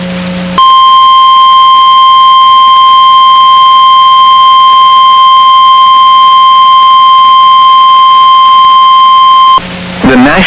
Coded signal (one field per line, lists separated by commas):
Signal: Emergency Alert System (SAME) tones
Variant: 1050 Hz attention tone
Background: speech